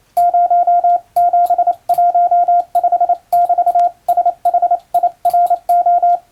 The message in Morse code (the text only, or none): 0715<BT>SHIRO